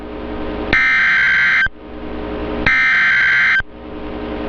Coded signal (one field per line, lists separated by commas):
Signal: Emergency Alert System (SAME) tones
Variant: header bursts